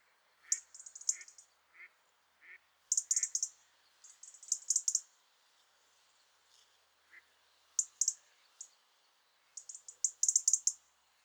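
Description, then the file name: European robin calls, rapid runs of high, dry ticking clicks in repeated bursts, with a few softer, lower chirps in between. "Erithacus rubecula"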